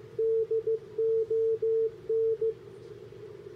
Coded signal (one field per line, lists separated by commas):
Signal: Morse code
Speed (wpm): 18 wpm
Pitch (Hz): 440 Hz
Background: none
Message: DON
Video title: 30 meter POTA QSO with KD8IE in K-9445